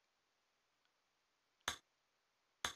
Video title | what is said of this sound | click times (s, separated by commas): Spike TRR Windshield Clamp Assembly | make sure you push this thing in all the way you're gonna hear two audible clicks when it's in all the way and | 1.7 s, 2.6 s